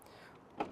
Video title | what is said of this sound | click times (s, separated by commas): etrailer - Test Fitting the Thule OutPace Bike Rack on a 2020 Subaru Outback Wagon | All you have to do is come to the handle, grab it, and lift up till it clicks into place. | 0.6 s